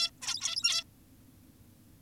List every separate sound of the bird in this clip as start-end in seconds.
0.22-0.84